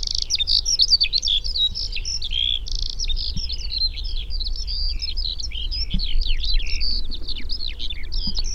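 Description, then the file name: Eurasian skylark giving a breathless, jumbled warbling song of high twitters and rattles, with a steady low background rumble. "alauda arvensis"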